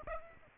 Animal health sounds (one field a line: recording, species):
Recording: mosquito wingbeat signal from an infrared sensor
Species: Aedes aegypti